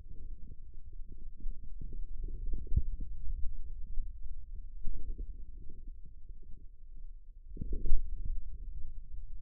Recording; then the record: forearm muscle sounds (acoustic myography)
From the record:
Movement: hand closing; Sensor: system 2, bracelet of six BSWA MPA416 microphones around the upper forearm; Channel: 2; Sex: male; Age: 22 years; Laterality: right